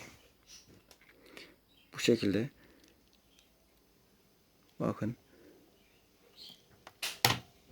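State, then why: Seated. During a budget gaming PC build, a computer component for the Ryzen mounting is pressed down from above onto the motherboard. Someone talks, then a sharp click sounds at 7.3 s as it snaps into place. The part is seated and its installation is complete.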